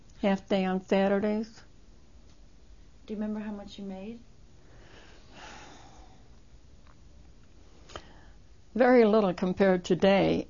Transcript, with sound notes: half day on Saturdays.
Do you remember how much you made?
(She sighs.) Very little, compared to today.